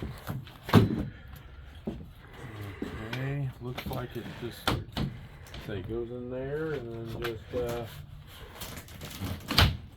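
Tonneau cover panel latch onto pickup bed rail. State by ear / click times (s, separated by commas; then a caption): seated / 9.6 s. Someone talks while a folding panel of a Truxedo TruXport tonneau cover is lowered and pressed down onto the pickup truck bed rail, without putting full body weight on it. A few soft knocks come before a sharp click at 9.6 s as the panel's latch engages and locks into place.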